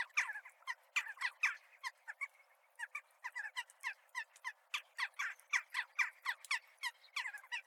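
Crows chattering: rapid, harsh, clipped calls in quick succession with brief pauses.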